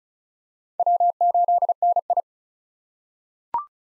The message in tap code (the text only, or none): none